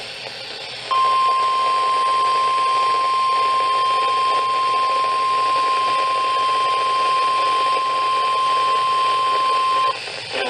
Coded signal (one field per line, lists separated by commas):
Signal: Emergency Alert System (SAME) tones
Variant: 1050 Hz attention tone